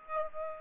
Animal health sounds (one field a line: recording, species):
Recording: mosquito wingbeat signal from an infrared sensor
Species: Aedes aegypti